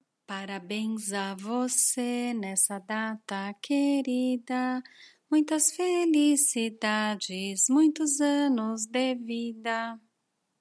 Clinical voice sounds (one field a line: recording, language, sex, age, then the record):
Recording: short text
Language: Brazilian Portuguese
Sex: female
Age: 50 to 59 years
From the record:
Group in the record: control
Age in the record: 52 years